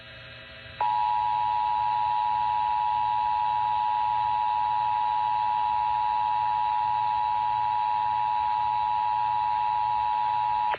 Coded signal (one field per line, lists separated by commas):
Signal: Emergency Alert System (SAME) tones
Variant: 853 and 960 Hz attention tone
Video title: What a way to start off July - EAS Alerts From 07/01/21 - EAS 262-288